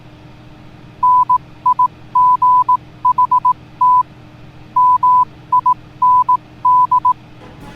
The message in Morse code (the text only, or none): NIGHT MIND